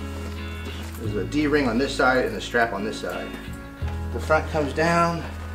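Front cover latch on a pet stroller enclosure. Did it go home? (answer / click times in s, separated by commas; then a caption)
no / none. Someone talks over background music while handling the front panel of a Pet Gear NV no-zip pet stroller's enclosure, bringing it down toward its plastic latch. Nothing has seated or clicked yet when the clip ends.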